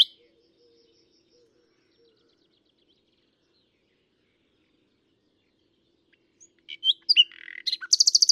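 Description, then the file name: Common nightingale: a brief note at the start, then about six seconds of near silence with faint low whistles, before scattered chirps build into fast harsh notes and a buzzy high trill. "Luscinia megarhynchos"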